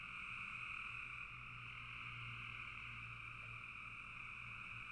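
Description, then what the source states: Chorus of frogs forming a continuous trilling hum, many overlapping callers, with a low steady rumble running beneath throughout. Frogs calling in a bog.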